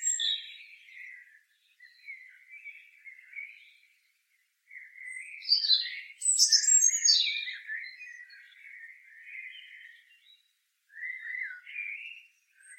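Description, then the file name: European robin singing a long run of wavering, warbled phrases, with a burst of sharp, very high squeaks in the middle and a brief pause before a final phrase. "Erithacus rubecula"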